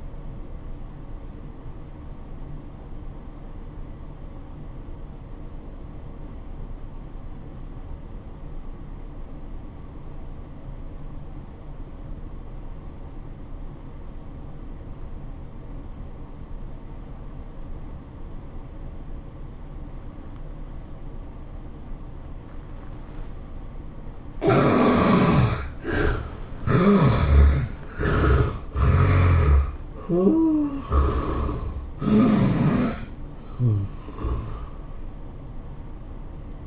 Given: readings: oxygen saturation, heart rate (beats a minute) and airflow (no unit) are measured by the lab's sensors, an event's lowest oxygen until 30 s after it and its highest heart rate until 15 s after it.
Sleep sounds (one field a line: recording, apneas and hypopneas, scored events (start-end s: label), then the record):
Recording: breathing in sleep by a smartphone at the bedside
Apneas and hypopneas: 1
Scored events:
3.00-25.90 s: obstructive apnea (N1, oxygen 93% highest, then 71% lowest, heart rate 85 at the start, 105 highest)
From the record:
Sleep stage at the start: N1 (lightest sleep)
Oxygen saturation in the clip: 70 to 93%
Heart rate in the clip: 70 to 105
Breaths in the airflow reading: 5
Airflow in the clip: -14.4 to 13.4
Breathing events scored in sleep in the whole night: 403 in 5.5 hours asleep